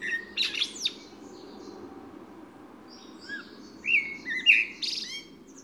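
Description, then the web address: Eurasian blackbird song, a brief burst and then a mellow whistled phrase closing with high squeaky twitters, over steady background hiss. "SETE data Turdus merula"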